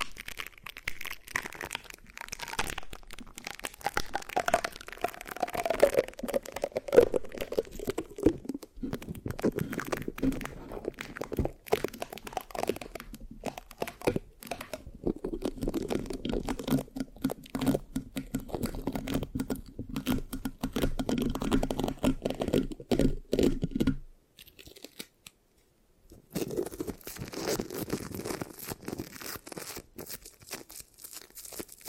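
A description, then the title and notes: Scratching on a microphone fills the clip with dense, rapid crackles and sticky, tearing textures, mostly low and muffled with bright flecks. The rubbing swells and eases in waves, drops to silence around 24 seconds, then resumes near 26 seconds. Mic Scratching, Sticky, Brain Massage Triggers (No Talking).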